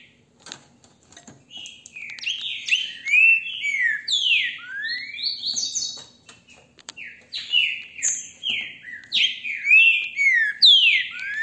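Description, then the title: Green-winged saltator song: loud whistled phrases of slurred, mostly descending notes, delivered in quick continuous bursts with brief pauses, plus faint clicks in the background. Beautiful song, recorded with a mobile phone held in the hand. "GRAVEI COM CELULAR NA MÃO, trinca ferro canto lindo"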